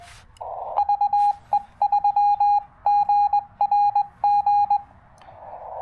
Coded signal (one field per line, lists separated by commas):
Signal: Morse code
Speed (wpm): 20 wpm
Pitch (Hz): 820 Hz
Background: none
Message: VE3GRG